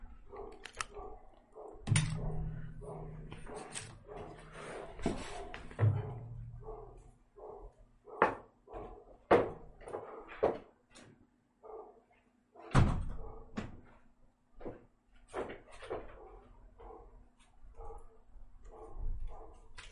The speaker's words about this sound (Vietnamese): Đúng rồi, chó nhà hàng xóm sủa ấy, ra nhiều lúc làm bất tiện lắm. Chó nhà hàng xóm này, bên cạnh thì cũng đang làm nhà, xây dựng này, nhiều thứ lắm.